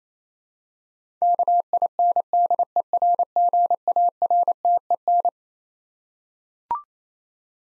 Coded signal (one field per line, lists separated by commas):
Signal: Morse code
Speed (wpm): 27 wpm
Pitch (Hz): 700 Hz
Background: none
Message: KINDERGARTEN